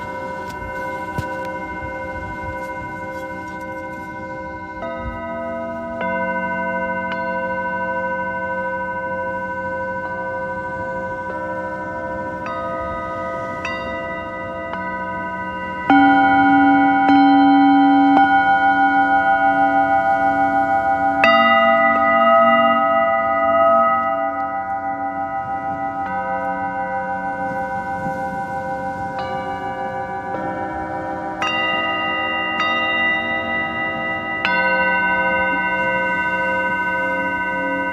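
Singing bowls ring in long, overlapping tones, struck every few seconds, with a louder, fuller swell from about sixteen seconds onward.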